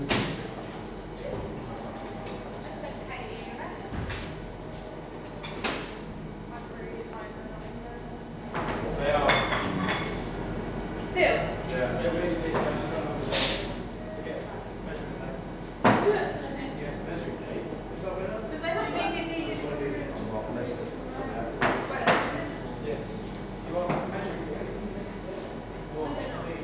Coffee shop on a dark evening, rain is falling outside